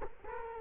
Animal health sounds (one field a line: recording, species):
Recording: mosquito wingbeat signal from an infrared sensor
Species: Culex quinquefasciatus